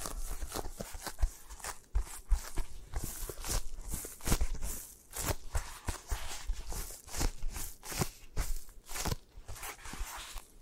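Tapping and scratching sounds, an irregular stream of quick, crisp taps with short scraping and rustling strokes between them. The taps come several per second, some sharper and louder, with brief pauses around five and nine seconds before the pattern resumes.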